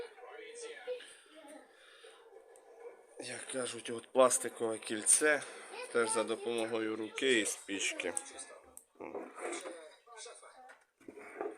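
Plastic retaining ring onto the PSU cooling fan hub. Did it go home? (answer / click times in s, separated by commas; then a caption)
yes / 11.4 s. A plastic retaining ring is pressed back by hand, with help from a match, onto the cooling fan hub of a retro PC power supply during reassembly. Someone talks over faint handling noise, and the ring clicks home at 11.4 s, seated.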